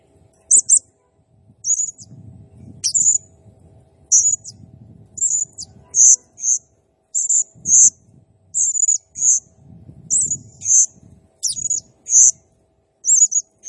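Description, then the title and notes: Blue-crowned hanging parrot song: a steady series of shrill high notes, buzzy and slurred, repeated in quick succession, with faint low rustling underneath. Serindit in gacor (actively singing) condition, 'nembak' song style, used as a masteran training sound and lure for serindit birds, said to excite all birds. "Burung Serindit Nembak Gacor Bikin Emosi Semua Burung. Suara Nasteran Dan Pemikat Burung Serinditan Gacor"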